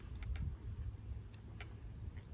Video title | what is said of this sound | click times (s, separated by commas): Carcano Cavalry Carbine Bayonet Latches & shooting them | if you don't get it quite right like I said you saw right there it didn't catch back up in there | none